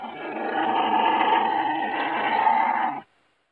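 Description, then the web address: Marten making one continuous harsh, raspy scream or growl lasting about three seconds, then stopping abruptly. "golos kunica"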